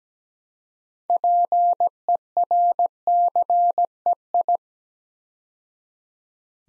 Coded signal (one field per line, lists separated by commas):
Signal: Morse code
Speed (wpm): 17 wpm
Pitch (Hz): 700 Hz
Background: none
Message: PERCEI